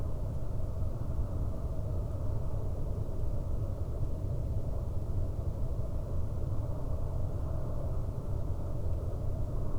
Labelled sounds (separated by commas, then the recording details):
machinery, flare stack
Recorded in the Prudhoe Bay oil fields, Alaska, on 12 May 2019 at 04:15
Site 23